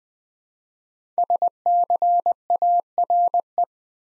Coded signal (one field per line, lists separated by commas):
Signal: Morse code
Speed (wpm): 20 wpm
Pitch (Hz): 700 Hz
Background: none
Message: SCARE